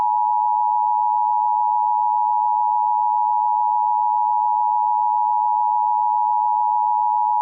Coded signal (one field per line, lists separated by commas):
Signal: Emergency Alert System (SAME) tones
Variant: 853 and 960 Hz attention tone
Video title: [EAS SCENARIO / ANALOG HORROR] - Dark Autumn 2